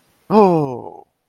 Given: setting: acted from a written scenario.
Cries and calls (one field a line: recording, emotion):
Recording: vocal sound without words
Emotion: negative surprise